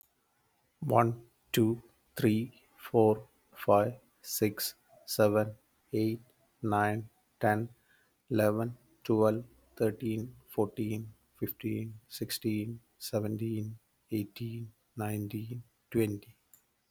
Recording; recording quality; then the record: counting at a normal pace; moderate, slight background noise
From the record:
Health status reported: healthy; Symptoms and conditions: none ticked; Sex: male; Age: 43 years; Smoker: not ticked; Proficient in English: yes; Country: India